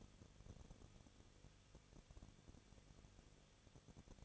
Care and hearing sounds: daily activity, microphone in the room; no activity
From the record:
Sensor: 4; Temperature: 23.1 degrees Celsius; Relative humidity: 34.0%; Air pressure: 1007.1 hPa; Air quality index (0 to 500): 216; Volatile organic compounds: 15 ppm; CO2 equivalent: 2501 ppm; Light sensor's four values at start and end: 2/3/1/1 and 2/3/1/1

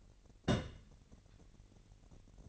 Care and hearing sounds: daily activity, microphone in the room; place on stove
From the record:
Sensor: 4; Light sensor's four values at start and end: 25/61/25/25 and 25/61/25/25

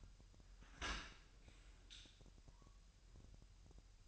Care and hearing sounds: daily activity, microphone in the room; open dishwasher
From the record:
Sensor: 2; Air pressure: 1000.4 hPa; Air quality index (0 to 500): 246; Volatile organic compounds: 91 ppm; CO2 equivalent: 3691 ppm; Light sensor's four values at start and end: 9/21/9/9 and 9/21/9/9

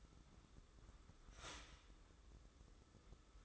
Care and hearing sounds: daily activity, microphone in the room; start toaster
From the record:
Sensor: 3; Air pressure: 995.2 hPa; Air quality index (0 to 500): 73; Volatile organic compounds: 5 ppm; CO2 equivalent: 1706 ppm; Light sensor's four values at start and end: 18/54/23/20 and 18/54/23/20

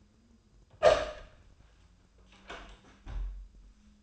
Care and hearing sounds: daily activity, microphone in the room; open door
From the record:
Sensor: 2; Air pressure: 1004.8 hPa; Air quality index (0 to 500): 73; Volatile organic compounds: 1 ppm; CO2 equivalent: 868 ppm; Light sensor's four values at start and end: 7/16/6/6 and 7/16/6/7

